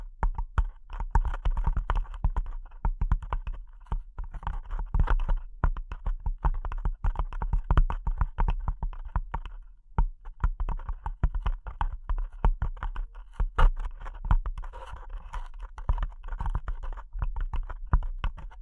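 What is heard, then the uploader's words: Delicate tapping runs almost without a break, a quick, uneven patter of light clicks much like fingers on a keyboard. The taps are dense and fairly even in loudness, with a brief pause just before ten seconds, and a soft low thump underlies them throughout. ASMR Delicate Tapping (No Talking).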